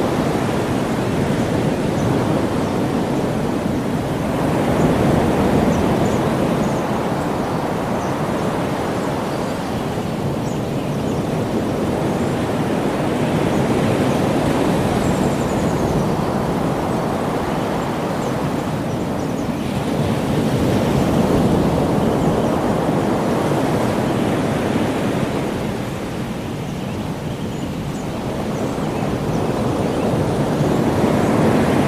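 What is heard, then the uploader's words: Ocean surf rolls in a steady, dense wash of noise, swelling roughly every five to eight seconds as waves break and draw back. The sound is full and mostly low to middle in pitch, with a faint hiss above and no other clear sounds. Ocean Sounds In Hawaii - White Noise For Sleeping.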